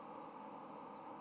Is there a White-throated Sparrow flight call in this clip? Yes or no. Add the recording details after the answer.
no. No flight call is heard. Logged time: 11:24 on 10 November 2014